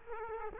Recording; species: mosquito wingbeat signal from an infrared sensor; Culex quinquefasciatus